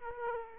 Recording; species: mosquito wingbeat signal from an infrared sensor; Aedes aegypti